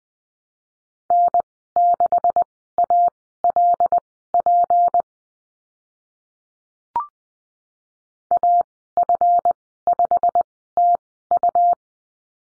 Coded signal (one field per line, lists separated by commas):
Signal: Morse code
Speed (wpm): 20 wpm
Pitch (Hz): 700 Hz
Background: none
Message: N6ALP AF5TU